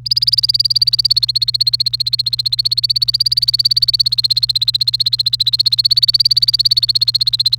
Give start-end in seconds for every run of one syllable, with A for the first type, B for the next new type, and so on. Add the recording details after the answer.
0.06-7.58 A. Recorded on 28 April 2018 at 13:00. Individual llb3